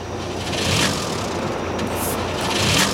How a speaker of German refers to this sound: Motor springt nicht an. Weil ich die Zündkerze habe. Der Motor startet nicht.